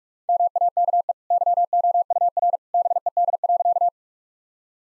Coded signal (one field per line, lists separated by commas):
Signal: Morse code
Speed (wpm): 43 wpm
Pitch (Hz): 700 Hz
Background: none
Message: MAKE YOUR BED.